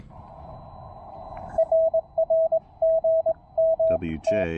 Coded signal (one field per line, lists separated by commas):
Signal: Morse code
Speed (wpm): 21 wpm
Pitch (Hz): 660 Hz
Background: speech, radio noise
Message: RRG M T